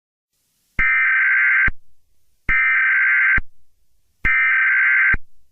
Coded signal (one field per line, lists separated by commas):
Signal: Emergency Alert System (SAME) tones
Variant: header bursts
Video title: Something’s Coming (Attack) a Doors Eas Scenario